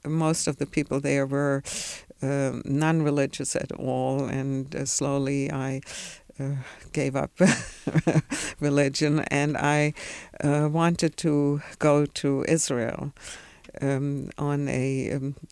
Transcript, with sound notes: most of the people there were non-religious at all, and slowly I gave up (she laughs) religion. And I wanted to go to Israel on a